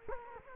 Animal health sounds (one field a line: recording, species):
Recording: mosquito wingbeat signal from an infrared sensor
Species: Culex quinquefasciatus